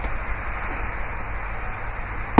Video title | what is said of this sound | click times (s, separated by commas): 2000 Ford Expedition Eddie Bauer Edition 4X4-17934A | and that'll pop into place to firmly latch it | 2.4 s